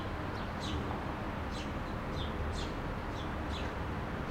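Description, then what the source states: Bird giving several short descending chirps, with steady traffic noise underneath. Birds in a calm city square with distant traffic, Marseille, France.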